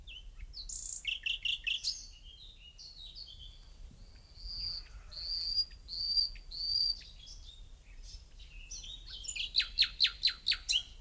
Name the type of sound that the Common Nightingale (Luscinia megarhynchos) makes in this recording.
song